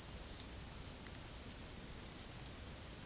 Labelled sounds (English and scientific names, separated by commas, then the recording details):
none
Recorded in secondary vegetation near Puerto Asís, Putumayo, Colombia, on 18 February 2024 at 14:30
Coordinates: 0.468, -76.324
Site G6381